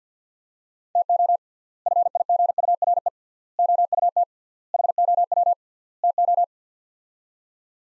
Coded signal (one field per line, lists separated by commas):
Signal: Morse code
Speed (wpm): 50 wpm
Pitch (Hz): 700 Hz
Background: none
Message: TO FIGURE OUT HOW TO